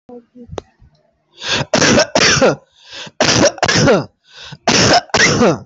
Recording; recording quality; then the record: heavy voluntary cough; excellent, no background noise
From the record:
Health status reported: healthy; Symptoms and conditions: none ticked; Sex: male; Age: 24 years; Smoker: not ticked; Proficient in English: yes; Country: India